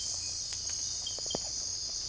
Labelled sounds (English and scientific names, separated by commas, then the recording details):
none
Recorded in secondary vegetation near Puerto Asís, Putumayo, Colombia, on 16 December 2024 at 05:30
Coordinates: 0.481, -76.318
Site G042